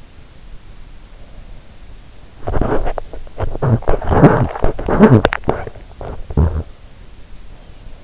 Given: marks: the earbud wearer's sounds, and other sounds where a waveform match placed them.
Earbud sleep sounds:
sounds in sleep by an in-ear microphone; body movement
2.13-7.12 s: body movement

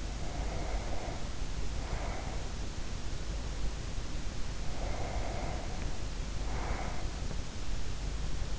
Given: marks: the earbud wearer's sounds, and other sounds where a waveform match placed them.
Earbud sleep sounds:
sounds in sleep by an in-ear microphone; breath
0.00-2.85 s: breath
4.43-7.36 s: breath

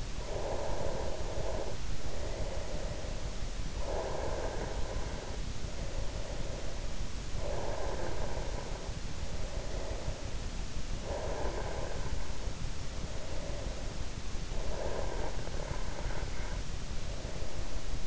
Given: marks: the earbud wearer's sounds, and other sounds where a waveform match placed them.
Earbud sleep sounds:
sounds in sleep by an in-ear microphone; breath
0.21-3.51 s: breath
3.81-10.40 s: breath
10.81-14.33 s: breath
14.59-18.07 s: breath

